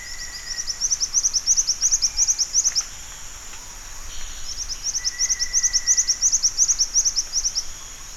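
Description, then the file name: Bar-winged flycatcher-shrike giving two bursts of quick, high, sharp notes with a pause between, over a steady high whine. "jingjing batu"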